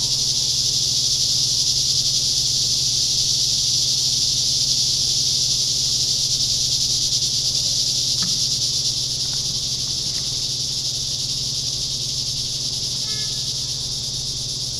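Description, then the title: Loud cicada chorus holding a steady, shimmering high drone throughout, with a few brief clicks and a low hum in the background. Summer cicadas. "neoscenes: summer cicadas"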